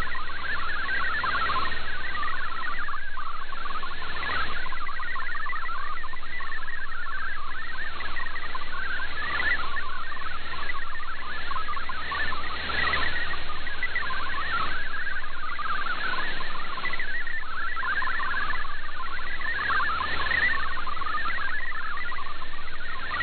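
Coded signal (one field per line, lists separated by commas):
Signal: multi-tone FSK (Olivia or MFSK type)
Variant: MFSK32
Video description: I precociously prepared to switch to MFSK64 manually, even though it was not required, as well as a switch back to MFSK32.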